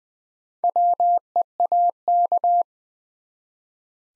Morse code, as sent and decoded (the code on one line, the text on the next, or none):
.-- . .- -.-
WEAK